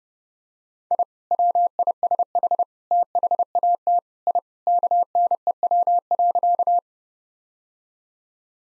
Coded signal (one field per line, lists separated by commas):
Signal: Morse code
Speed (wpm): 30 wpm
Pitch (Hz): 700 Hz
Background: none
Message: I WISH THAT I KNEW.